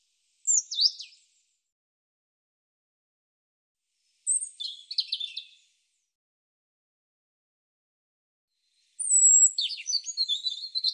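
European robin song, three high warbled phrases of thin whistles and trills separated by pauses of several seconds, over a silent background.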